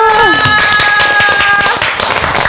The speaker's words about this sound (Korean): 박수!